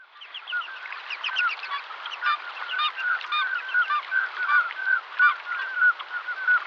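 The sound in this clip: Common scoters calling: many short piping whistles overlapping in quick succession from several birds.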